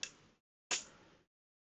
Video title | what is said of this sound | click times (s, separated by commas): [VOD] Assembly of DSi XL/L Consoles 2024 06 10 09 | Clicks in place yep | 0.0 s